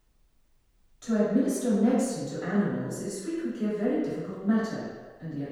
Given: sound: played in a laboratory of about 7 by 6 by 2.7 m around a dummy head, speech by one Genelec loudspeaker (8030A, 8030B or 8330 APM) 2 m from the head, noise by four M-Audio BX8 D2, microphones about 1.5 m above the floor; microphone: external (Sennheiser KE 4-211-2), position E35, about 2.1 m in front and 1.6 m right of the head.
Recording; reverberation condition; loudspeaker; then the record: female speech in English; high; 150 degrees to the right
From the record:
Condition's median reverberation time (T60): about 1300 ms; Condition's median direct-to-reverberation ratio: about -4.0 dB